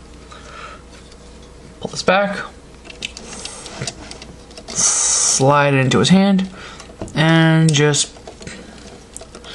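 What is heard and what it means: Someone talks while handling a plastic sword handle and sliding it toward the articulated plastic hand of a 1/100 MG 00 Gundam Trans-Am Raiser model kit, making a few small, sharp plastic taps and clicks between the phrases. Nothing has seated or clicked into place yet.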